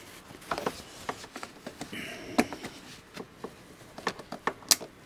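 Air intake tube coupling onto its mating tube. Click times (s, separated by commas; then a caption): 4.7 s. Two tubes of a Roush cold air intake on a Mustang GT are pushed back together at their plastic quick-connect coupling, with scattered plastic taps, knocks and rubbing as the parts are handled. The coupling clicks into place at 4.7 s, the loudest and sharpest snap of the clip, and the tube is seated.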